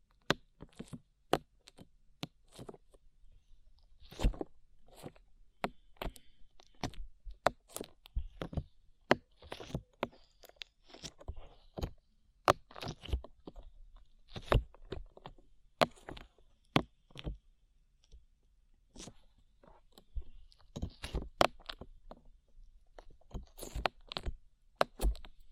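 Slime is pressed and squeezed, giving off a steady stream of sharp crunchy pops and crackles. The clicks come irregularly, several per second, some louder and brighter than others, with soft squishing between them and near silence in the short gaps.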